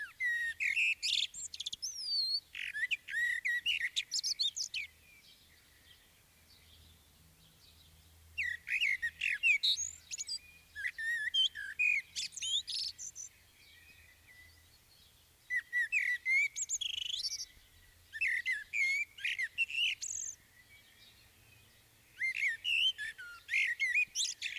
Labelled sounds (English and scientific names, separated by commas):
Common Blackbird (Turdus merula) song